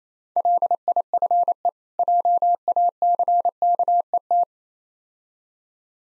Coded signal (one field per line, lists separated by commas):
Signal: Morse code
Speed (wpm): 27 wpm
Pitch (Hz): 700 Hz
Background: none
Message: LIFE JACKET